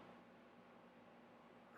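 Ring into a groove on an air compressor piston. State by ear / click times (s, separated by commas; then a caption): not seated / none. A new piston ring is lined up on the piston of an Umarex ReadyAir air compressor during a rebuild, just before it is pressed and snapped into its groove. Only a steady, even broadband noise with a faint low hum is heard, with no sharp sounds. Nothing has snapped or clicked into place yet.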